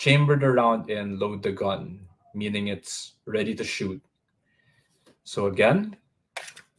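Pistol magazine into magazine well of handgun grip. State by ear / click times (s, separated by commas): seated / 6.4 s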